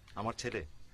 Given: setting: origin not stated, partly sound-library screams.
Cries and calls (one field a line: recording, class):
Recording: one-second piece from a danger detection set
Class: normal situation